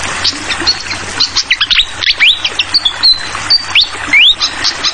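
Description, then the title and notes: Malaysian pied fantail singing clear rising whistles and a few level whistled notes mixed with sharp chirps, against soft running water. Clear song mixed with the sound of trickling water, used as masteran tutoring audio for songbirds. "Masteran Sikatan Kipas Suara Jernih Dan Suara Gemericik Air. Suara Burung Sikatan Londo"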